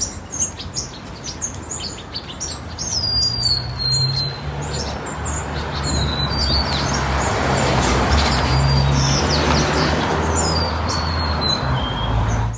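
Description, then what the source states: White-crowned and golden-crowned sparrows chattering in a busy flock, quick high chirps with occasional clear whistles sliding downward, over a steady low rumble. White-crowned and golden-crowned sparrows chirping and singing together at a large communal winter roost in California.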